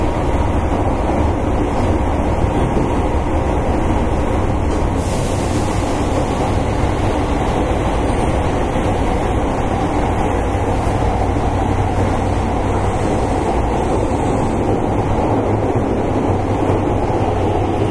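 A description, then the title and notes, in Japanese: Running noise of a Fukuoka City Subway 1000 series train, a steady, dense roar with a strong low rumble and constant rattling throughout. The level holds even for all eighteen seconds, with a brief brighter hiss around five seconds and faint high whines near eight and fourteen. 福岡市交通局 1000系電車の走行音です。空港線にて収録。区間は福岡空港から姪浜までです。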